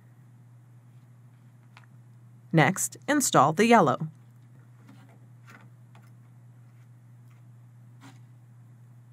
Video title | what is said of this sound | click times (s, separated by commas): HP 7740 Unboxing dan Cara Pasang Katrid Tinta | you'll have to push it until you feel it snap into place | 1.8 s